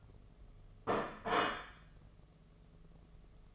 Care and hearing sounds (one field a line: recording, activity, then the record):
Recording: daily activity, microphone in the room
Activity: place plate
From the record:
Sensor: 4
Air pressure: 1015.9 hPa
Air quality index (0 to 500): 207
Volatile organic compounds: 13 ppm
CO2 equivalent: 2391 ppm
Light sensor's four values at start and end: 16/38/16/16 and 17/39/16/17